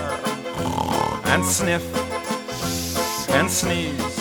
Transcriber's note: loud snore; deep inhale